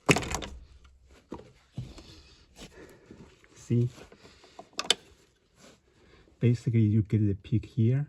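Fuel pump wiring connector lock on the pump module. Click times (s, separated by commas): 0.1 s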